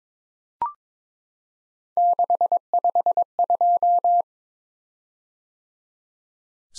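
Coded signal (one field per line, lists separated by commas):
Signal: Morse code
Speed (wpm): 22 wpm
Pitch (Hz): 700 Hz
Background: none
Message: 652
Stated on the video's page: Head-copy drill of random three-character letter-number groups at 22 wpm, each sent in Morse, spoken, then sent again.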